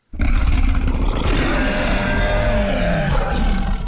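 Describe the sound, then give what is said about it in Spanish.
A single loud, sustained creature roar for a video game character, layering an actor's growl with bear and tiger snarls, broad and rasping with a deep rumbling low end, holding steady for nearly four seconds. “esos tres sonidos crean el sonido del Batelsaurio, ¿no? Que es un personaje de un videojuego.”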